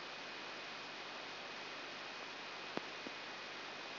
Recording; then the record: brain microelectrode recording played as sound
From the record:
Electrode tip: outside the subthalamic nucleus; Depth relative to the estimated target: -3 mm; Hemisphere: left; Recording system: AlphaMap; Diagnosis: Parkinson's disease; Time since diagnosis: 14 years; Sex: female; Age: 63 years